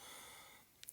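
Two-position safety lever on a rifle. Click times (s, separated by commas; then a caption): 0.8 s, 0.9 s. A hunter moves the two-position safety lever on a rifle to its first position just before the shot, and it releases with two short metallic clicks at 0.8 s and 0.9 s. Before the clicks there is a steady, breathy broadband hiss that slowly fades.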